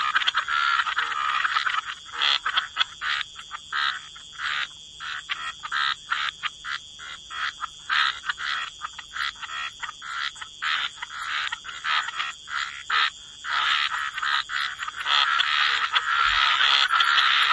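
Frog chorus of overlapping croaks and rattling calls in quick irregular bursts, building into a dense continuous wall of sound near the end.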